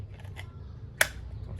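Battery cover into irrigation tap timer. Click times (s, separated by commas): 1.0 s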